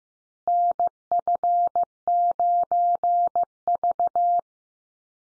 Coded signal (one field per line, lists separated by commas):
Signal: Morse code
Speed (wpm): 15 wpm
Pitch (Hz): 700 Hz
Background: none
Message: NF9V